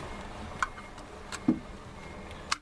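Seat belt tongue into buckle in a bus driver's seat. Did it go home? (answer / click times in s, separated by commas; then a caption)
yes / 0.6 s, 2.5 s. A bus driver fastens the seat belt in the driver's seat, pushing the metal tongue into the buckle. Two sharp ticks are heard at 0.6 s and 2.5 s, with a duller thump near 1.5 s. The belt clicks in and is seated.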